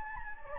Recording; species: mosquito wingbeat signal from an infrared sensor; Anopheles gambiae